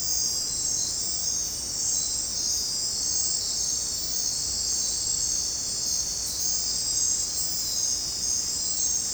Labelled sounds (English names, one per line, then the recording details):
none
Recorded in dense forest near Puerto Asís, Putumayo, Colombia, on 18 December 2024 at 22:30
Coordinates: 0.466, -76.327
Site G075